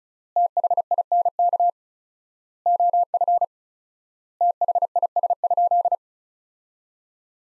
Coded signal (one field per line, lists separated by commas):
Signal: Morse code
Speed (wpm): 34 wpm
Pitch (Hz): 700 Hz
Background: none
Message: THINK OF THIS?